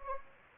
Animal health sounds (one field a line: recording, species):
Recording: mosquito wingbeat signal from an infrared sensor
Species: Anopheles gambiae